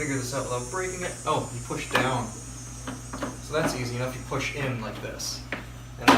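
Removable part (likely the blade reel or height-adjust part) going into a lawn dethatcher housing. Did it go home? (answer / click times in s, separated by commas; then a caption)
yes / 6.1 s. Someone talks while pushing a removable plastic part into the housing of a SunJoe electric lawn dethatcher/scarifier over a steady low hum. The part slides in easily and seats with a sharp click at 6.1 s; it should not be pulled back out because that would break it.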